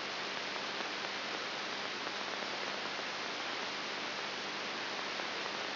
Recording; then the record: brain microelectrode recording played as sound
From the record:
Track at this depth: outside the subthalamic nucleus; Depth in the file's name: 7.5 mm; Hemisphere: left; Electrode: 3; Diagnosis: Parkinson's disease